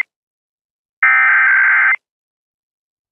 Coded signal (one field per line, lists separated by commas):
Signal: Emergency Alert System (SAME) tones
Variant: header bursts